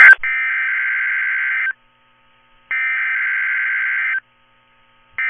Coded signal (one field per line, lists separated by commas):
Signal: Emergency Alert System (SAME) tones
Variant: header bursts